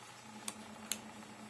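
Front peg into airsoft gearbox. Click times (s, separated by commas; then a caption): 0.9 s. The front peg, a plastic or metal part, is set into the split metal gearbox shell of an AK47 CM-028 airsoft gun over a low steady hum. A faint tick comes at 0.5 s, then a sharper click at 0.9 s as the peg snaps into place and is seated.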